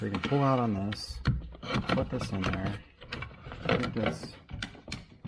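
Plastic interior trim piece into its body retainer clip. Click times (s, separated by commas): 4.6 s, 4.9 s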